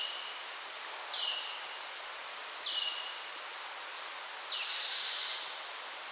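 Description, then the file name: Marsh tit call notes: high clipped starts that fall to a lower drawn-out tone, two spaced calls then a quick double at the end, with hiss behind. "Poecile palustris"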